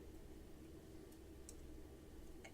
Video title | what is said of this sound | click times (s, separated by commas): Q Talk Live – Play Along - Pearl Drop | and you can hear it snap | 1.5 s, 2.5 s